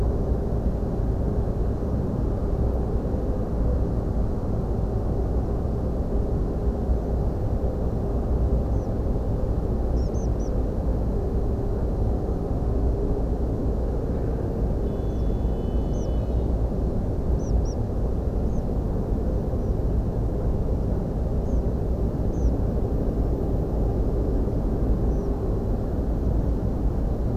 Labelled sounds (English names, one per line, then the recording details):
Tree Pipit
European Pied Flycatcher
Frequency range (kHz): European Pied Flycatcher 4.0-7.5 kHz
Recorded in France